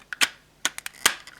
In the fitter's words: slide that in and you should hear a nice satisfying click